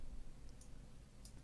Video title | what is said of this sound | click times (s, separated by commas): BIGGER RCs FLY BETTER ! FMS PA-18 Super Cub 1700 v2 RC High Wing Trainer Aeroplane | and then with the center support clicked into place into the plastic fittings under the wing. | 1.2 s